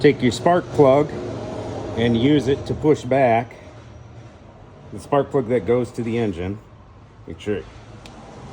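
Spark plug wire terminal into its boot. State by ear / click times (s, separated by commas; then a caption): seated / 8.1 s. Someone talks while a rebuilt spark plug wire terminal is pushed back into its boot, using the spark plug to press it in. A short snap at 8.1 s marks the terminal seating fully in the boot, over a steady background hum.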